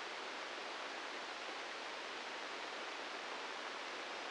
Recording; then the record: brain microelectrode recording played as sound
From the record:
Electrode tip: inside the subthalamic nucleus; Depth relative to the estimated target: 1 mm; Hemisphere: right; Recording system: NeuroSet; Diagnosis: Parkinson's disease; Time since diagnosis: 15 years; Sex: female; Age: 59 years